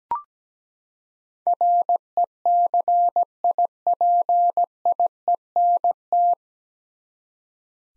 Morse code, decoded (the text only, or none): RECIPIENT